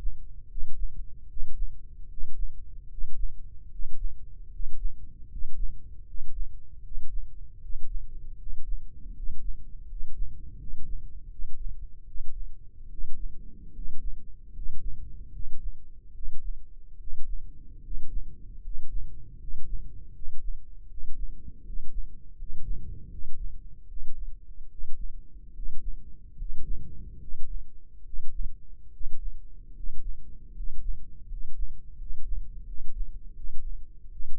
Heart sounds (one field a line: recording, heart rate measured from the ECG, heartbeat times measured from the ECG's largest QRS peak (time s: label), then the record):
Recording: heart sounds by microphone in the left ear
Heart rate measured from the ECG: 77 bpm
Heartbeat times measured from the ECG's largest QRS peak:
0.47 s: heartbeat
1.26 s: heartbeat
2.06 s: heartbeat
2.87 s: heartbeat
3.68 s: heartbeat
4.48 s: heartbeat
5.27 s: heartbeat
6.04 s: heartbeat
6.80 s: heartbeat
7.58 s: heartbeat
8.35 s: heartbeat
9.12 s: heartbeat
9.85 s: heartbeat
10.56 s: heartbeat
11.28 s: heartbeat
12.04 s: heartbeat
12.87 s: heartbeat
13.71 s: heartbeat
14.51 s: heartbeat
15.30 s: heartbeat
16.12 s: heartbeat
16.96 s: heartbeat
17.80 s: heartbeat
18.60 s: heartbeat
19.37 s: heartbeat
20.11 s: heartbeat
20.86 s: heartbeat
21.62 s: heartbeat
22.34 s: heartbeat
23.08 s: heartbeat
23.86 s: heartbeat
24.67 s: heartbeat
25.52 s: heartbeat
26.35 s: heartbeat
27.18 s: heartbeat
28.03 s: heartbeat
28.90 s: heartbeat
29.73 s: heartbeat
30.52 s: heartbeat
31.26 s: heartbeat
31.95 s: heartbeat
32.64 s: heartbeat
33.33 s: heartbeat
34.09 s: heartbeat
From the record:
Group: healthy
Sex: male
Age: 23 years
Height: 178 cm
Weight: 96.6 kg